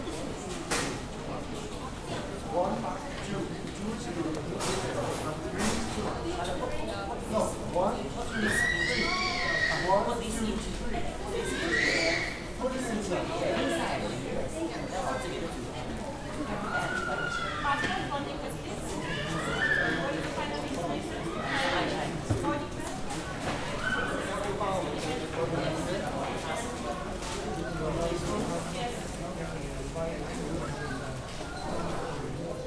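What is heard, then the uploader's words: Airport boarding ambience: dense overlapping chatter of many voices with steady low hum, occasional clicks and brief bright tones throughout. Vienna Airport Boarding, ambient environmental noise.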